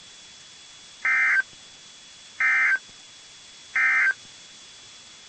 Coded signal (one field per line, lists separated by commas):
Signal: Emergency Alert System (SAME) tones